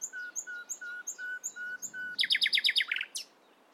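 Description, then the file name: Common nightingale song: a series of pure whistled notes repeated about three times a second, followed by a loud rapid series of notes and a final flourish. "Luscinia megarhynchos"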